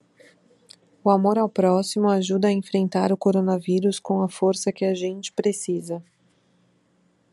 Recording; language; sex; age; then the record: spoken sentence; Brazilian Portuguese; female; 30 to 39 years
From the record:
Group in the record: control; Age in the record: 34 years